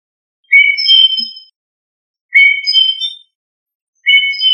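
Thrush singing three similar short whistled phrases with layered clear tones, one roughly every two seconds, separated by silence.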